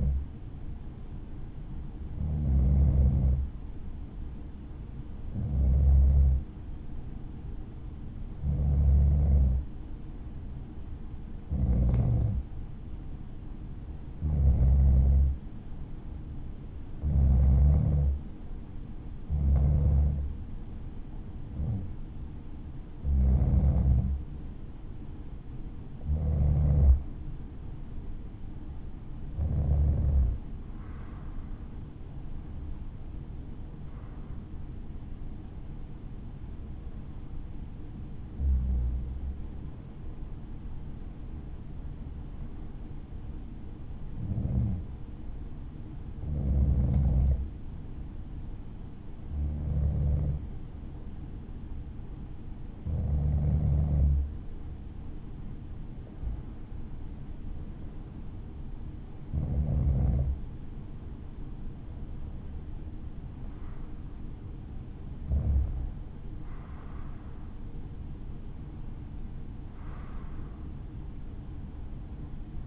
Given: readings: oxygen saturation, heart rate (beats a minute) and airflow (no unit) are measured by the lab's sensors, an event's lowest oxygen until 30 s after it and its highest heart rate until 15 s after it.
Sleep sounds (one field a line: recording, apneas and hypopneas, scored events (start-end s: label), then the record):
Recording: breathing in sleep by a smartphone at the bedside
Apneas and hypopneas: none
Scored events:
30.00-72.67 s: new sleep stage, REM sleep
From the record:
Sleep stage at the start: N1 (lightest sleep)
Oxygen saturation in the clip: 94 to 96%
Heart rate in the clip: 53 to 63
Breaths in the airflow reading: 25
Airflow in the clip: -6.3 to 5.9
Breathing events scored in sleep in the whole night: 216 in 7.0 hours asleep